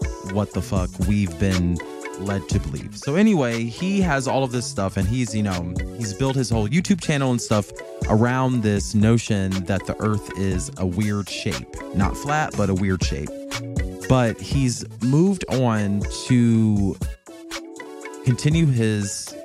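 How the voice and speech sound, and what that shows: Adult male speaker with a natural stutter, talking in a low voice; stuttering is heard as prolonged sounds and a drawn-out block partway through a phrase.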